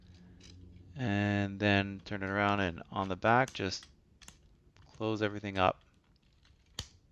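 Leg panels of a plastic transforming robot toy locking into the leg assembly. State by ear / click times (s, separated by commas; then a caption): seated / 6.8 s. Someone talks while folding in the plastic leg of a Shattered Glass Rodimus transforming robot toy and closing the back panels during its change from robot to car. A sharp click at 6.8 s marks the leg panels locking into the leg assembly, seated in place.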